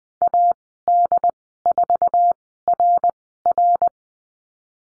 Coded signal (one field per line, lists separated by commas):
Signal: Morse code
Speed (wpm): 19 wpm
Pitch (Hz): 700 Hz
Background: none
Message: AD4RR